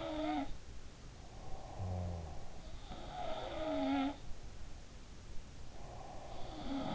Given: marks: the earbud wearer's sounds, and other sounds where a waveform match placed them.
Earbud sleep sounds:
sounds in sleep by an in-ear microphone; snoring breath, breath
0.00-0.85 s: sound from someone else or the room
1.24-3.03 s: snoring breath
2.74-4.36 s: sound from someone else or the room
5.60-6.95 s: breath

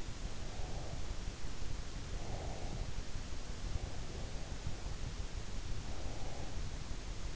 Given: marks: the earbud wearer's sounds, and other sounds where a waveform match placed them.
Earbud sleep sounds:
sounds in sleep by an in-ear microphone; breath
0.42-3.12 s: breath
3.90-6.73 s: breath

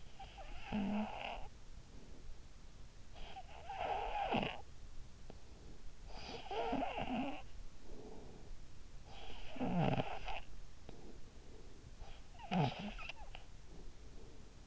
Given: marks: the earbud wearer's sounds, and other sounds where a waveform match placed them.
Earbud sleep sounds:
sounds in sleep by an in-ear microphone; snoring breath
0.00-2.29 s: snoring breath
2.83-4.97 s: snoring breath
5.63-13.63 s: snoring breath

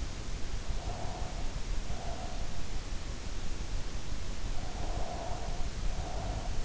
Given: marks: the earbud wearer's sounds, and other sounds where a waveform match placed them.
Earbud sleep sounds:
sounds in sleep by an in-ear microphone; breath
0.64-2.79 s: breath
4.51-6.65 s: breath

